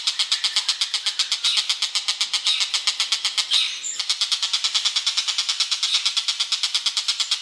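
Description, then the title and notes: Bird delivering steady rapid harsh notes, briefly interrupted midway, then resuming at the same pace. "Bird Sound. Kicau Burung Lengkap"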